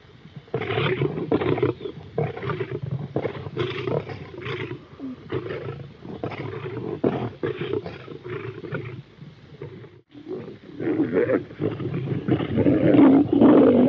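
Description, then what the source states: Lions snarling and roaring aggressively, bursts of harsh growls repeating quickly, a brief pause, then louder snarls building toward the end. Lions fighting.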